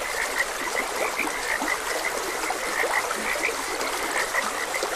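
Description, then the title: Frog chorus of brief croaks, several per second, with trickling stream water steady underneath. Frogs croaking beside a gentle stream. "Gentle Stream and Frogs Croaking"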